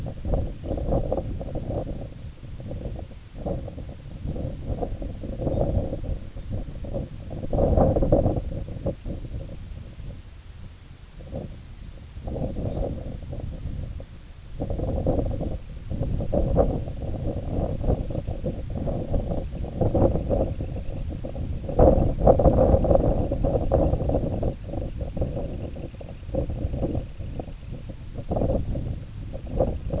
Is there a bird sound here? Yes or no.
yes